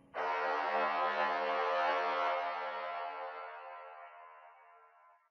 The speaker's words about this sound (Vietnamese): Màn đêm tĩnh mịch lạ thường, chỉ có tiếng còi xe thi thoảng lại hú lên từng hồi.